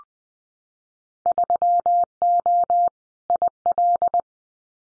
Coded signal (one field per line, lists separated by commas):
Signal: Morse code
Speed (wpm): 19 wpm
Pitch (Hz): 700 Hz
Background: none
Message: 3O IL